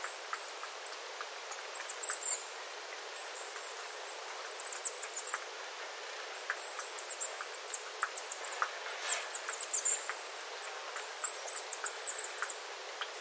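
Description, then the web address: Small birds giving thin, very high-pitched calls in scattered bursts, several overlapping at times, with soft irregular drips and a steady background hiss. Small flock of small birds calling, water dripping from the eaves after rain, 9 September 2025. "paivat 9 9 2025 pikkulintuparven aantelya vesi tippuu raystaalta sateen jalkeen"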